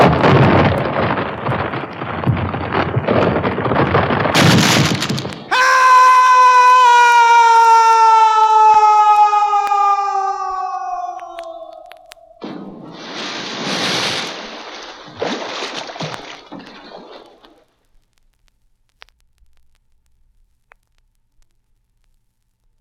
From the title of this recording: Chilling, Thrilling Sounds of the Haunted House